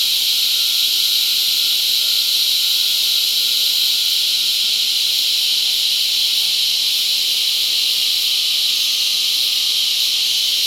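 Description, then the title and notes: Cicadas sound a constant shrill hiss without rhythm or pauses, a faint pure tone running along beneath the buzz. Cicadas mating, La Convención, Peru. "Apareamiento De Cigarras La Convención Peru by Alejandro Cornejo Montibeller"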